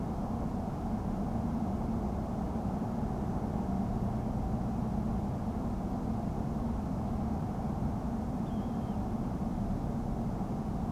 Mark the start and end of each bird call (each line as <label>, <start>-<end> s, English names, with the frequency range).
Dunlin (2.7-3.8 kHz), 8.45-8.96 s